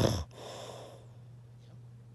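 An adult man snoring in his sleep: one loud, harsh snore at the start, then quiet breathing noise. He previously had obstructive sleep apnea, which has since resolved.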